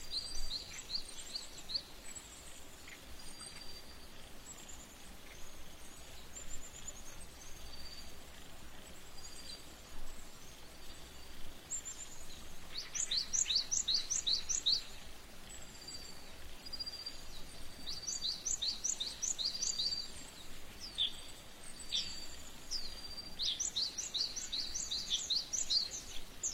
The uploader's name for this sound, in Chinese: 开满黄色油菜花的田里